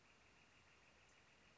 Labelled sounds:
Northern Flicker (Colaptes auratus)

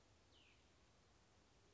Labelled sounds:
Cassin's Vireo (Vireo cassinii)

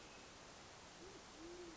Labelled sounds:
Band-tailed Pigeon (Patagioenas fasciata)

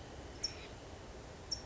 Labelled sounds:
California Towhee (Melozone crissalis)

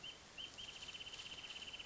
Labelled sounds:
Wrentit (Chamaea fasciata)

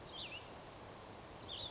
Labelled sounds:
Cassin's Vireo (Vireo cassinii)

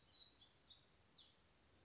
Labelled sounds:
Black-throated Gray Warbler (Setophaga nigrescens)

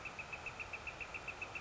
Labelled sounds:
Northern Flicker (Colaptes auratus)

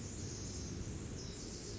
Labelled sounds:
Pacific Wren (Troglodytes pacificus)

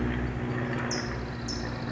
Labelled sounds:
California Towhee (Melozone crissalis)

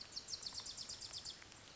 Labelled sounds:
Bewick's Wren (Thryomanes bewickii)

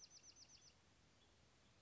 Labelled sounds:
Bewick's Wren (Thryomanes bewickii)

